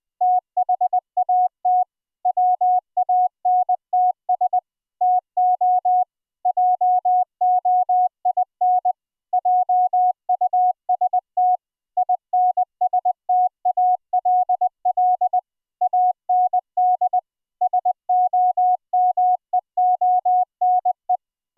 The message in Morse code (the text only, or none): THAT WANTS TO JOIN JUST INSTALL AND SOMEONE